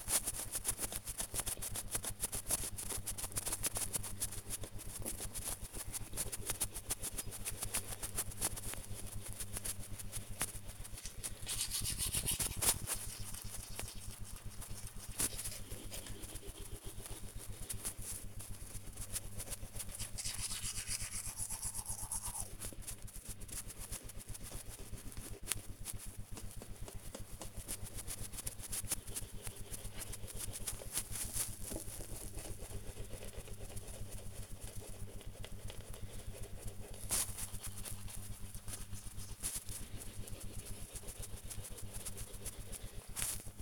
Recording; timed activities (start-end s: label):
household activities, microphone on the right wrist
0.00-43.62 s: brushing teeth